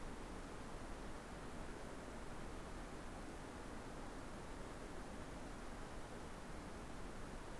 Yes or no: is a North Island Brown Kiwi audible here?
no